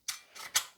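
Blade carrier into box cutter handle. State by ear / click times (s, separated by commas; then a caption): seated / 0.1 s. A utility knife blade carrier with its spring fitted is slid into a plastic and metal box cutter handle and clicks into place at 0.1 s, seating properly. A softer sliding rasp follows, then a second, louder sharp snap at about 0.6 s.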